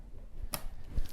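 A wire harness connector is pulled out of the LED driver board header on a Samsung UN65JS9000F TV after its clip's sides are pressed, part of removing the board from the chassis. A sharp, bright click at 0.5 s stands out over soft handling rustle, followed by a faint tick near 1.1 s. The connector releases and comes free of the board.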